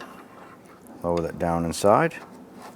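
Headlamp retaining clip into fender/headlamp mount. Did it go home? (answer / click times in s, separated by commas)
no / none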